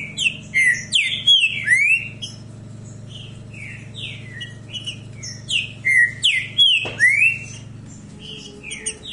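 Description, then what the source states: Green-winged saltator giving loud whistled bursts at the start and again after six seconds, with softer scattered notes between, over a low hum. Said to sing continuously like this all year round.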